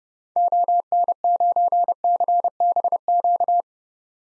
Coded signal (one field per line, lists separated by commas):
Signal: Morse code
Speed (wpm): 30 wpm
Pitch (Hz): 700 Hz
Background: none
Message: ON9CBQ